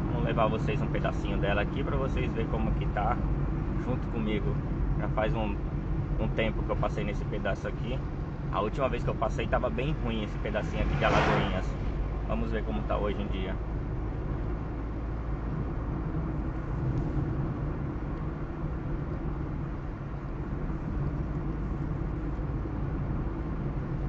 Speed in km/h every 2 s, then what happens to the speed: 55, 53, 52, 49, 46, 43, 43, 45, 47, 50, 53, 54.
0-10 slows to 43. 10-24 speeds up to 54.